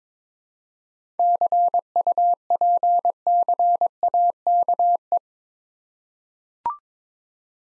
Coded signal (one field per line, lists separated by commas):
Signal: Morse code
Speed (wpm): 22 wpm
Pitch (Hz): 700 Hz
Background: none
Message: CUPCAKE